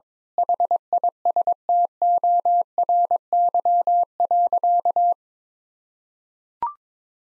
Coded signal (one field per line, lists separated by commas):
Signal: Morse code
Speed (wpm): 22 wpm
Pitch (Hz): 700 Hz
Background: none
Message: HISTORY.